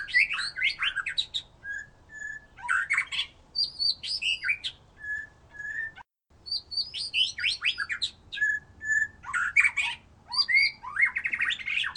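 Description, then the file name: White-rumped shama singing varied phrases of whistles and harsh notes, separated by short steady whistled tones, with a brief gap in the middle. "murai batu"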